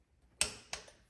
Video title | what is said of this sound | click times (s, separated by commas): Trask - Assault Cam Chest Cover - DIY installation!! #harleydavidson #Trask #Bagger #performance | There we go. Hear that click? It means we're at the torque | 0.4 s